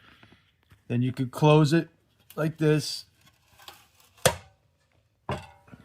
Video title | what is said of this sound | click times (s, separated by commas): How To Use A CETME Magazine Loader for Hk G3 And Cetme Magazines | Push it all the way till it snaps. | 4.3 s